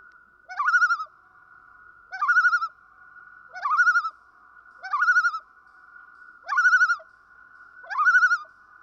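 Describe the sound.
Common loon giving six quavering tremolo bursts, each opening with a quick upward sweep, spaced about every 1.5 seconds, a constant faint tone running beneath.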